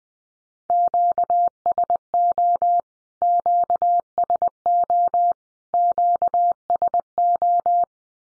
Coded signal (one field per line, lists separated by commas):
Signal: Morse code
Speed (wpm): 20 wpm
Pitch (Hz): 700 Hz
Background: none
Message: QSO QSO QSO